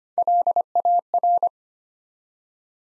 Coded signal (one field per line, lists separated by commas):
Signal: Morse code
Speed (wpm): 25 wpm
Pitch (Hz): 700 Hz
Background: none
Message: LAR